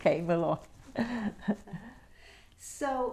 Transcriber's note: she laughs